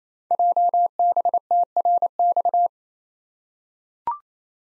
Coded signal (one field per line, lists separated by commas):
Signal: Morse code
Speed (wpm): 29 wpm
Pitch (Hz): 700 Hz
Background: none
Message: JBTRX